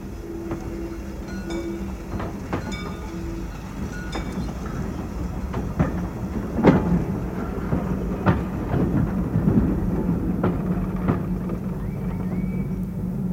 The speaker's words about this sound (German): Man sieht den Zug nicht. Noch deckt ihn die Kurve.